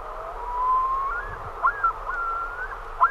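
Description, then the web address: Common loon giving a faint drawn-out whistled note and a few short wavering notes. "great northern loon"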